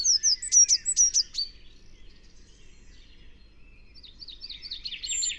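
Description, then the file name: Eurasian blue tit giving a quick run of sharp, high, down-slurred notes, then a quieter rapid trill after a pause. "Cyanistes caeruleus"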